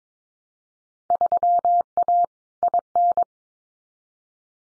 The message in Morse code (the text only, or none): 3A IN